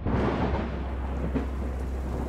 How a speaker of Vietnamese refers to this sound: Nửa đêm hôm ấy trời đổ một trận mưa to.